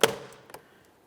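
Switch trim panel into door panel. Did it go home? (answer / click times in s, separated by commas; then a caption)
yes / 0.0 s. On a 2004-2008 Ford F-150, the switch trim panel for the door lock switch is pressed against the door panel and rolled down to the fully locked position. A sharp click at 0.0 s marks the trim panel clips snapping home, followed by two faint ticks near 0.5 s. The panel is seated.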